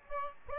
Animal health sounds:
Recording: mosquito wingbeat signal from an infrared sensor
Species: Aedes albopictus

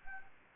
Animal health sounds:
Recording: mosquito wingbeat signal from an infrared sensor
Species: Anopheles gambiae

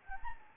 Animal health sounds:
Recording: mosquito wingbeat signal from an infrared sensor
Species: Anopheles gambiae

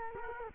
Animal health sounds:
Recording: mosquito wingbeat signal from an infrared sensor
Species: Culex quinquefasciatus

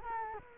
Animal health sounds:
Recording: mosquito wingbeat signal from an infrared sensor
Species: Culex quinquefasciatus

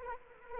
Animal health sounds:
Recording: mosquito wingbeat signal from an infrared sensor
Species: Anopheles arabiensis

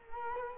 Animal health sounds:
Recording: mosquito wingbeat signal from an infrared sensor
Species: Culex quinquefasciatus

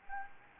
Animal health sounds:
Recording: mosquito wingbeat signal from an infrared sensor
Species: Anopheles gambiae

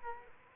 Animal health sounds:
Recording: mosquito wingbeat signal from an infrared sensor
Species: Culex quinquefasciatus

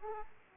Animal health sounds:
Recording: mosquito wingbeat signal from an infrared sensor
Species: Aedes aegypti

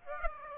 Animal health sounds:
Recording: mosquito wingbeat signal from an infrared sensor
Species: Aedes aegypti

